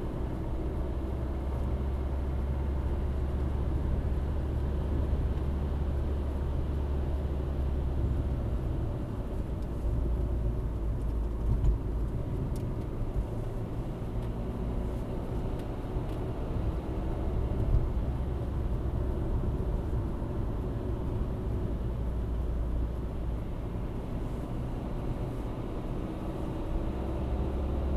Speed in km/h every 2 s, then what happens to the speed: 72, 74, 75, 75, 60, 57, 64, 69, 72, 73, 62, 64, 68, 73.
0-6 steady at about 74. 6-10 brakes to 57. 10-18 speeds up to 73. 18-21 brakes to 62. 21-28 speeds up to 73.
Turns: none.